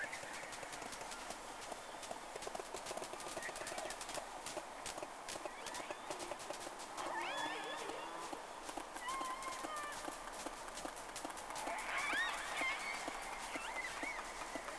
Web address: Sea Snake 10-3-06 Whales X 2 11-30 Round 1